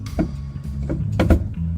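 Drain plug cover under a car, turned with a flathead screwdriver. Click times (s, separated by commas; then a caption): 1.2 s. A flathead screwdriver tries to turn a drain plug cover under a car, but the slot is worn and stripped, so the blade slips with scraping clicks, the sharpest at 1.2 s. Music plays steadily in the background, and the stripped cover does not turn.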